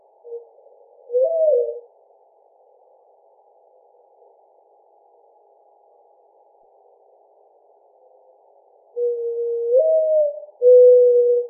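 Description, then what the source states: Mourning dove coo: a brief note and a note slurring up and down, a long pause, then a low note that rises and falls, followed by a steady hollow hoot. Recorded on 4 January 2007.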